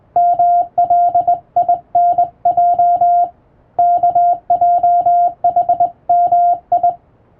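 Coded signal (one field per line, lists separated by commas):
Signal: Morse code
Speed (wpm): 20 wpm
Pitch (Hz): 700 Hz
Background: music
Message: MLINJ KJHMI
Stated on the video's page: Hand-keyed practice sending of international Morse telegram texts from a telegram practice book by a first-class radiotelegraph operator.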